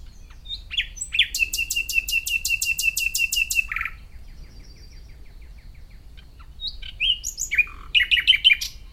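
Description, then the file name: Common nightingale song with a long fast rattle of repeated sharp notes, a quiet gap of faint piping, then a jumble of loud, varied trilled notes. "Luscinia megarhynchos"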